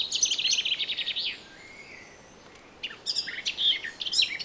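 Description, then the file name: Eurasian blackcap song: a fast, rich warbling phrase, then a pause of over a second before another bright, varied burst of high chattering notes. "Sylvia atricapilla"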